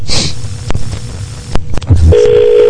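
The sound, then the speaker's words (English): A few sharp clicks of buttons being pressed on a phone to dial a random phone number, then a steady electronic tone starts and holds over a low background hiss. “Let's go ahead and call random phone numbers.”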